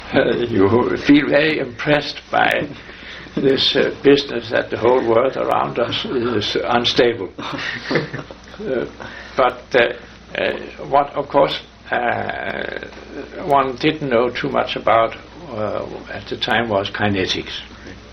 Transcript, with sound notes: you feel very impressed by this business that the whole world around us is unstable. [laughter]
But what, of course, one didn't know too much about at the time was kinetics.